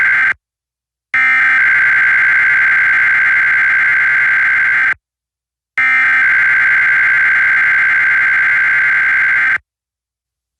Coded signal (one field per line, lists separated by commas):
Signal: Emergency Alert System (SAME) tones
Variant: header bursts